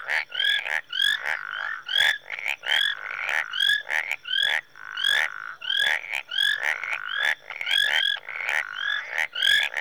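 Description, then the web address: Chorus of tree frogs giving rapid clicks and quick upward whistles, many overlapping callers in irregular rhythm over a thin steady high-pitched tone. Marsh tree frogs in Rwanda in the early evening. "Sound Effects Library (Africa- The Natural World) Rwanda- Marsh Tree Frogs, early evening"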